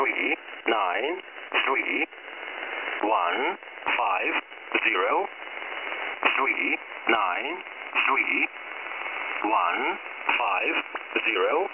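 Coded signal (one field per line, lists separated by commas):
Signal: numbers station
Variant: E07 English Man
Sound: male voice reading digits in English, 9 3 1 5 0 repeated, over shortwave hiss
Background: radio static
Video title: E07 English Man Numbers Station - 17461 kHz 2023-Oct-13 1500z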